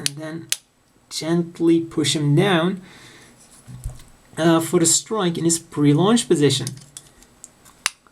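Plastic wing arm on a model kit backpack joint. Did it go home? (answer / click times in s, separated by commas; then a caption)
yes / 7.9 s. Someone talks while pulling out and moving the plastic wing arms on the backpack joint of a 1/100 scale model kit. A few faint taps come first, then a sharp click at 7.9 s as the wings lock into place. The click gives the long wings extra sturdiness.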